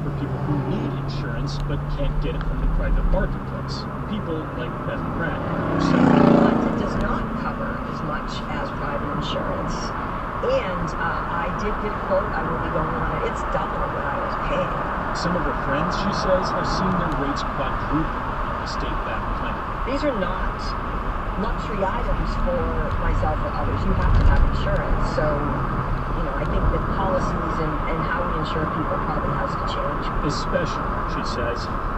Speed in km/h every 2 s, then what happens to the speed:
26, 34, 40, 44, 50, 52, 55, 58, 58, 61, 63, 63, 61, 61, 61, 61.
0-19 speeds up to 63. 19-32 steady at about 61.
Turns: none.